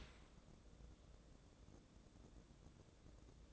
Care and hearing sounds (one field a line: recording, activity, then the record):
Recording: daily activity, microphone in the room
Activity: open dishwasher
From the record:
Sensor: 3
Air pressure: 1012.3 hPa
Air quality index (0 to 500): 145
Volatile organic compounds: 2 ppm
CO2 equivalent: 1118 ppm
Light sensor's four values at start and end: 599/1485/609/605 and 603/1496/613/610